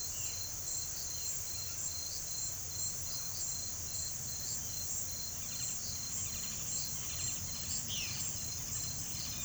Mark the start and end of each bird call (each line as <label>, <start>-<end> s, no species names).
bird call, 5.51-8.13 s